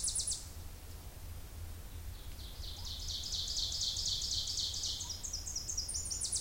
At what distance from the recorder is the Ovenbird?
about 35 m